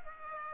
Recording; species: mosquito wingbeat signal from an infrared sensor; Aedes aegypti